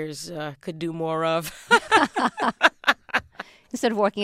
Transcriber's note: soundbite of laughter